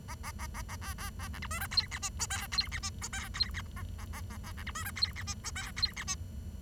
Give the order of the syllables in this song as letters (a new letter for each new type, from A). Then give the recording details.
A A A A A B B B C D E F G H I J K G H I J K G H A A A A A C D E F G H I J K G H I. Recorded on 23 June 2012 at 10:13. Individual gr41rd51